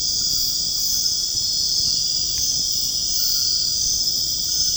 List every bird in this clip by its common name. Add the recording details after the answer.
none. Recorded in dense forest near Puerto Asís, Putumayo, Colombia, on 18 February 2024 at 00:30. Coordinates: 0.485, -76.325. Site G6429